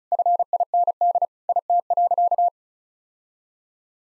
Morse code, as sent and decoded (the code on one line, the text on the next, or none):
..-. .. -. -.. / .. - .-.-.-
FIND IT.